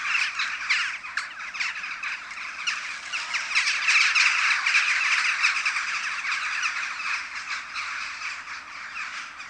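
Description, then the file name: Western jackdaws calling in a crowd: rapid, overlapping short chack notes that rise to a loud chattering peak midway and then ease slightly. Jackdaws recorded at a communal roost. "Kauwenslaapplaats"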